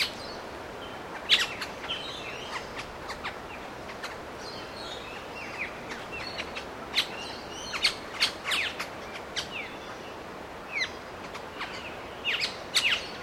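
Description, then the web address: Figbird calls: many short, sharp chirps and downslurred notes scattered throughout, over a steady soft background hiss. "Sound Effects-Foundation 1 BIRD FIG BIRD CALL"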